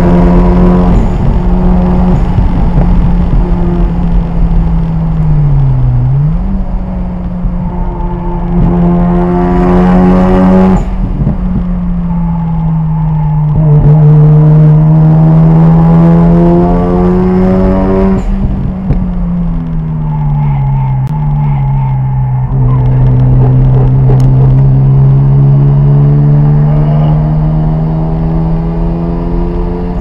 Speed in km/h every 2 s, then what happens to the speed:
164, 155, 129, 114, 122, 109, 97, 108, 126, 113, 84, 81, 95, 106, 119.
0-6 brakes to 114. 9-13 brakes to 97. 13-16 speeds up to 126. 16-21 brakes to 81. 21-30 speeds up to 119.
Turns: 10-15, 19-23.